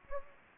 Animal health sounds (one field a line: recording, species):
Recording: mosquito wingbeat signal from an infrared sensor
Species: Anopheles gambiae